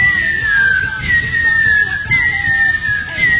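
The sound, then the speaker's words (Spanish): A person whistles a catcall imitation, repeating a loud, shrill tone several times in a row, each whistle holding steady before dipping slightly in pitch, over a low rumbling background. “Y entonces le aventaban esos chifladores, los que hacen.”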